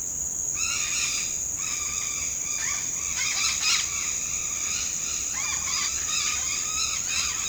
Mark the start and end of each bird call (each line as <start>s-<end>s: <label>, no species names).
0.54s-7.48s: bird call